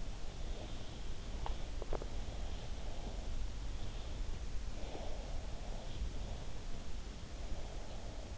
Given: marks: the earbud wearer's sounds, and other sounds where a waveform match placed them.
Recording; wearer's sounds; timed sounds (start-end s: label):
sounds in sleep by an in-ear microphone; breath, teeth grinding, swallowing
0.30-3.44 s: breath
1.19-1.55 s: teeth grinding
1.70-2.19 s: swallowing
3.67-6.03 s: breath
6.12-8.38 s: breath